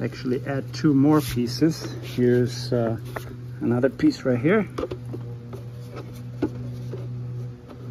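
Someone talks while handling a second plastic tube section for a Craftsman CMEBL700 leaf blower vacuum and mulcher, bringing it up to the blower extension. There is a steady low hum and a couple of faint handling knocks near 5.5 and 6.4 seconds. The section has not clicked into place yet.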